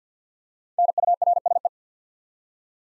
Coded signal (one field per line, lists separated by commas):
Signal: Morse code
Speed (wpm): 48 wpm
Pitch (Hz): 700 Hz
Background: none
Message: NURSE